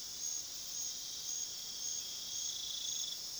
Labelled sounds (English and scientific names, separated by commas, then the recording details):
none
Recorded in pastures near Puerto Asís, Putumayo, Colombia, on 20 February 2024 at 22:00
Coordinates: 0.497, -76.327
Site G7276